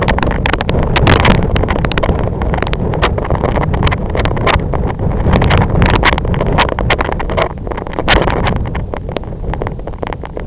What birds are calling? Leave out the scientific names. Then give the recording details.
none. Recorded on Arctic tundra, site IGLO-F, on 25 June 2018. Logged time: 14:00